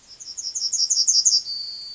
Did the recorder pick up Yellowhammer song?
yes